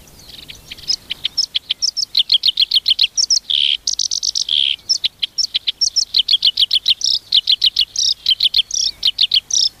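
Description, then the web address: Black-browed reed warbler song, a continuous rapid chatter of high scratchy notes broken by short buzzy bursts. "sikioto. koyoshikiri"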